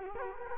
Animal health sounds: mosquito wingbeat signal from an infrared sensor; Culex quinquefasciatus

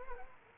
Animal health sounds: mosquito wingbeat signal from an infrared sensor; Culex quinquefasciatus

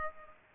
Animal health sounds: mosquito wingbeat signal from an infrared sensor; Culex pipiens

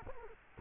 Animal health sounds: mosquito wingbeat signal from an infrared sensor; Culex quinquefasciatus

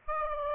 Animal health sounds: mosquito wingbeat signal from an infrared sensor; Aedes aegypti

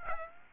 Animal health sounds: mosquito wingbeat signal from an infrared sensor; Aedes aegypti

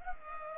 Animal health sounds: mosquito wingbeat signal from an infrared sensor; Culex pipiens

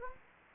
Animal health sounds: mosquito wingbeat signal from an infrared sensor; Anopheles gambiae

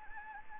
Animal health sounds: mosquito wingbeat signal from an infrared sensor; Anopheles gambiae

